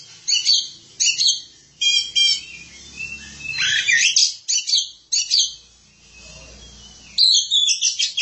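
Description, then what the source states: Oriental magpie-robin song of rapid trills, buzzy phrases and a rushing whistled flourish, with a quiet gap before a final burst of chattering notes. Kacer song.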